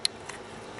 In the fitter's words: Oh, it just pops right out.